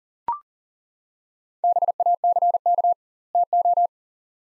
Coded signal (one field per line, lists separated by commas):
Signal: Morse code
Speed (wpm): 37 wpm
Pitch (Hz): 700 Hz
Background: none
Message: BACK TO